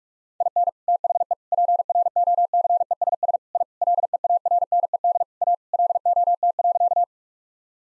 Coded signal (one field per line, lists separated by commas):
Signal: Morse code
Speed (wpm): 41 wpm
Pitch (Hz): 700 Hz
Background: none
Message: IN THE PROCESS I LEARNED A LOT.